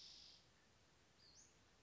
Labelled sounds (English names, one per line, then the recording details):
Western Flycatcher
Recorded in Sonoma County, California